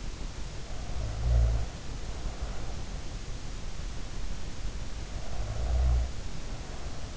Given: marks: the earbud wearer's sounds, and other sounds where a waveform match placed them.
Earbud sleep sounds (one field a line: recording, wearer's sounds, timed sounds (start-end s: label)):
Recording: sounds in sleep by an in-ear microphone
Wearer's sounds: snoring breath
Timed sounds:
0.66-2.78 s: snoring breath
4.95-7.17 s: snoring breath